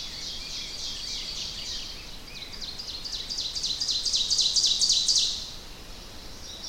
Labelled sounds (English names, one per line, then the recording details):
Ovenbird song
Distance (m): 25 m
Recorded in boreal forest in Alberta, Canada, on 10 June 2016 at 07:24
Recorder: SongMeter 3, array SBT-3-39
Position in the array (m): 102 m, 208 m
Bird 18